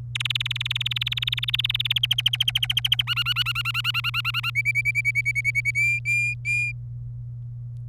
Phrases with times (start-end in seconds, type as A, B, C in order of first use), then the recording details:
0.15-1.99 A, 2.03-3.02 B, 3.07-4.50 C, 4.55-5.71 D, 5.75-6.72 E. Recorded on 27 April 2018 at 13:17. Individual llb3